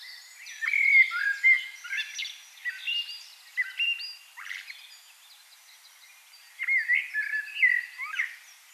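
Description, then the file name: Common blackbird song: a series of rich, slurred whistles ending in thin high twitters, several phrases with a short pause before the last. "Turdus merula"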